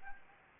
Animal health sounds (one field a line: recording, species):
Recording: mosquito wingbeat signal from an infrared sensor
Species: Anopheles gambiae